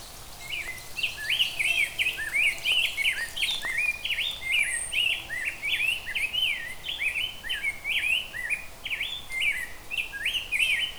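Rose-breasted grosbeak delivering a long, flowing warbled song of quick whistled up-and-down phrases, sung without pause for about eleven seconds over low background noise.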